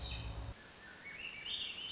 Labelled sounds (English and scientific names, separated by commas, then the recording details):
Swainson's Thrush (Catharus ustulatus)
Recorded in Sonoma County, California